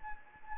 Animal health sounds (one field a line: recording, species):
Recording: mosquito wingbeat signal from an infrared sensor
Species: Anopheles gambiae